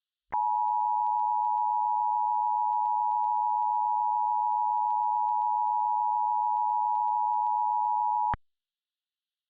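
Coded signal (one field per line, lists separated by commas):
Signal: Emergency Alert System (SAME) tones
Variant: 853 and 960 Hz attention tone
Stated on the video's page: Simulated EAS scenario; tones generated with EAS Encoder 2.4 software, rendered in Vegas Pro 17, with TTS voice.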